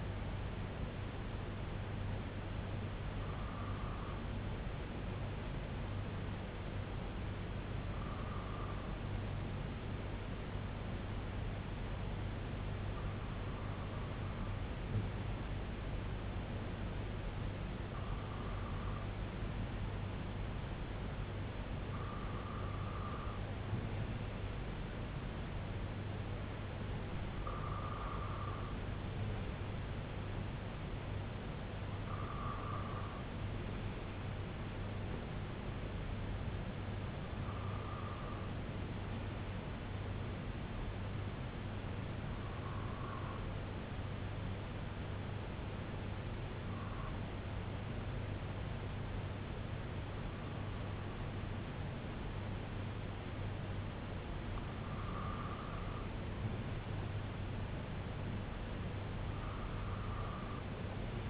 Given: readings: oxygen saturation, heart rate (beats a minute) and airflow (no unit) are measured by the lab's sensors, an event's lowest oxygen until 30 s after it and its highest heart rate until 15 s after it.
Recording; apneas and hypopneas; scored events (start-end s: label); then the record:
breathing in sleep by a voice recorder at the bedside; none
none scored
From the record:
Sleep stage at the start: N2 (light sleep); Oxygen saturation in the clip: 93 to 96%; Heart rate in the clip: 62 to 72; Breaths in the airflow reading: 12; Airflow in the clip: -5.2 to 3.0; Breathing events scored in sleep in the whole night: 258 in 7.4 hours asleep